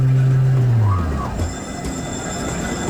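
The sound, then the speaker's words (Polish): A line 7 tram, a model derived from the 105N, slows into the Piaśniki Skrzyżowanie stop in Silesia, Poland: a loud low motor drone sinks in pitch, a short wheel squeal rises and falls, then a steady rumble continues under a thin, high electrical whine. “Moja siódemka dojeżdża właśnie do przystanku Piaśniki Skrzyżowanie.”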